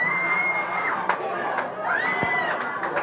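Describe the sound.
A large crowd at an assembly on an esplanade chants the slogan "el pueblo unido jamás será vencido" in unison, loud and continuous, many voices holding long shouted syllables that rise and fall, with a few sharp bursts of noise cutting through.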